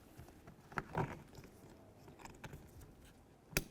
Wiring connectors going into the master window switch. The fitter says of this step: listen for a click give them a tug as you go this